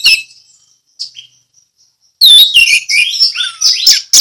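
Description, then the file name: Orange-headed thrush song: a brief high note, soft whistles, then a dense, fast run of sliding whistled and twittering notes. Ngeplong song style. "anis merah ngeplong"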